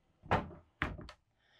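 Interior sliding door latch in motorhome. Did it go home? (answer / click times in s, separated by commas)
yes / 0.8 s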